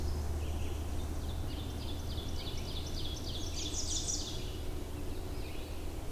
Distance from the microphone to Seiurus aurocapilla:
about 90 m